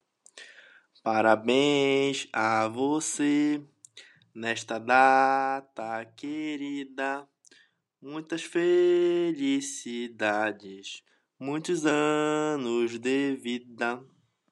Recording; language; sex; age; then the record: short text; Brazilian Portuguese; male; 20 to 29 years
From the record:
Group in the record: control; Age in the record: 27 years